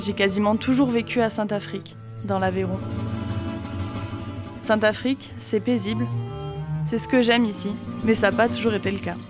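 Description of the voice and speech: A 24-year-old woman speaks French calmly and fluently over soft background music; her voice sounds ordinary.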